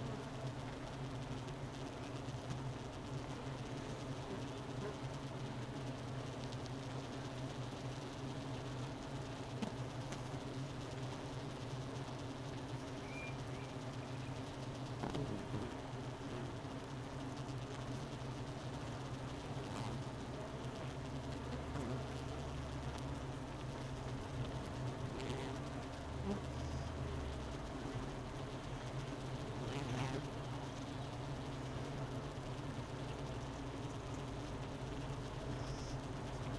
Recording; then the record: honeybee colony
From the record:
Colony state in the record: missing queen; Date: 31 May 2018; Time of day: 11:58